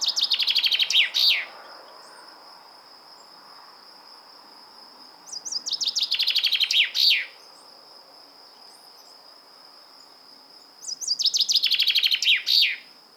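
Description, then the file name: Common chaffinch song phrases repeated about every five seconds, three in all, each a fast cascading trill finishing with an emphatic flourish, with a continuous high-pitched buzzing tone underneath. "Fringilla coelebs"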